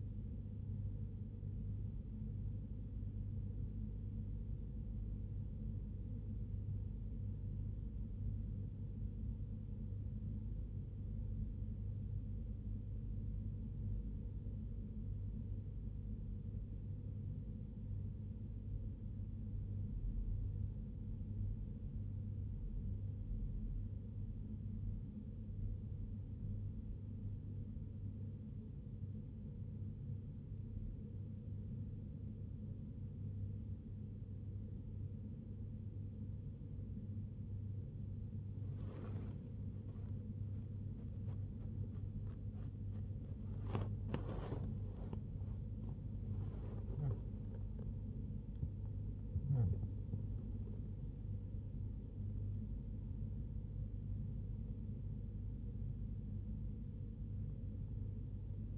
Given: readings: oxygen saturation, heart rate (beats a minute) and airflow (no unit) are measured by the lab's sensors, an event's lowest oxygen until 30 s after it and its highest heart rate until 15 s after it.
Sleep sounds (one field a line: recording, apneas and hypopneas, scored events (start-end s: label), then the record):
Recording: breathing in sleep by a smartphone at the bedside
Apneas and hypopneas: 1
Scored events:
6.00-44.10 s: hypopnea (N1, oxygen 94% highest, then 93% lowest, heart rate 69 at the start, 83 highest)
25.00-55.00 s: new sleep stage, N2 (light sleep)
55.00-58.77 s: new sleep stage, awake
From the record:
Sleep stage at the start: N1 (lightest sleep)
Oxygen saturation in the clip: 93 to 95%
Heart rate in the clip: 62 to 83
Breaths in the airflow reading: 15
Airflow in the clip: -2.1 to 1.4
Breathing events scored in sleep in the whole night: 101 in 7.3 hours asleep